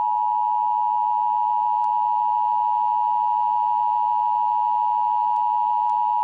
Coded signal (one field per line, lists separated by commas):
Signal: Emergency Alert System (SAME) tones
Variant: 853 and 960 Hz attention tone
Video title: EAS Scenario special: Santarmageddon